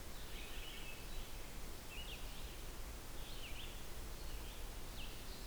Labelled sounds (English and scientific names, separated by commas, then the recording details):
Red-eyed Vireo (Vireo olivaceus) song
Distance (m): 130 m
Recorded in boreal forest in Alberta, Canada, on 16 June 2016 at 08:45
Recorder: SongMeter 3, array SBT-3-32
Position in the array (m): 49 m, 10 m